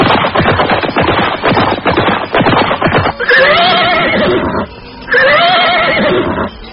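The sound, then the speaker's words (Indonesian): Ridden horses at the edge of a forest at nightfall: a rapid flurry of hooves clatters for about three seconds, then two loud, high neighs ring out back to back with a short gap between them. No one speaks. “Malam mulai turun ketika kuda-kuda yang mereka tunggangi mulai menapak di tepian hutan tadi.”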